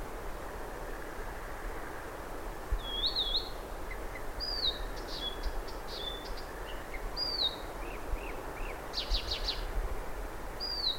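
Blyth's Reed Warbler: varied whistled motifs, a wavering note, short clicks and a brief dry rattle, spaced by pauses, against a constant background rush.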